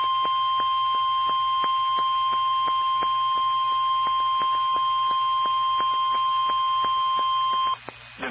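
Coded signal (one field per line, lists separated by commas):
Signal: Emergency Alert System (SAME) tones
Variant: 1050 Hz attention tone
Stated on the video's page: SAME tones on NOAA Weather Radio transmitters for severe thunderstorm, tornado and flood watches and warnings.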